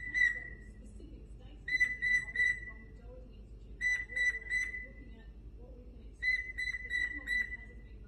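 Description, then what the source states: Cockatiel whistles in short groups of a few even, high notes over a constant background murmur. Several cockatiels singing, whistled song.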